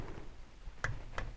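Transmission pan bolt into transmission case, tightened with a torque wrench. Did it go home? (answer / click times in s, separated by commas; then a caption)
yes / 0.8 s. A click-type torque wrench tightens a steel transmission pan retaining bolt into the transmission case of a C3 Corvette with a Chevy 5.7L 350 V8, working around the pan in a crisscross pattern. After a quiet stretch, the wrench gives a sharp click at 0.8 s, followed by a second, slightly softer tick at 1.2 s. The bolt is confirmed at its eight-pound setting.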